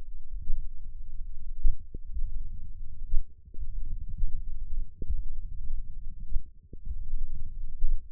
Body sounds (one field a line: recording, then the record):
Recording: forearm muscle sounds (acoustic myography)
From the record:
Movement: finger pinch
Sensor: system 1, eight BSWA MPA416 microphones around the upper forearm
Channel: 8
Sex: male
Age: 20 years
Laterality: left